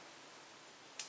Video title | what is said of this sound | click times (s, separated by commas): REVIEW Estação DESSOLDADORA (Hikari HK-915) | Não tá muito bem encaixado. | 1.0 s